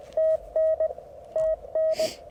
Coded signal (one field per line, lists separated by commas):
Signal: Morse code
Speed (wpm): 20 wpm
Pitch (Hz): 590 Hz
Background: none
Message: TN TN